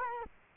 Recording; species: mosquito wingbeat signal from an infrared sensor; Culex quinquefasciatus